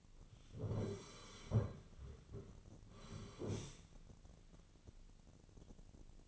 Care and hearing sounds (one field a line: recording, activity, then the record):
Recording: daily activity, microphone in the room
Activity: sit down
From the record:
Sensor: 4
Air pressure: 1010.0 hPa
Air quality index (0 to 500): 194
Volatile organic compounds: 3 ppm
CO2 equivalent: 1398 ppm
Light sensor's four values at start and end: 40/99/41/45 and 41/100/42/45